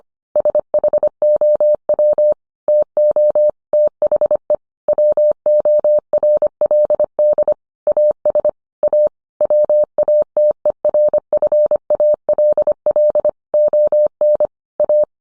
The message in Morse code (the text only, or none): SHOW TO THE WORLD AS A WATERFALL ON A